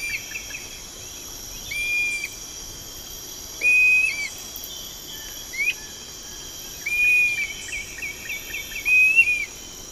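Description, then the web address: Dusky-capped flycatcher dawn song: clear whistled notes, some flat and some rising, spaced about every two seconds, over a steady high insect hum. Dawn song, recorded in the eastern lowlands of South America. "Natures Songs S America Eastern Lowlands. Myiarchus tuberculifer, dawn song"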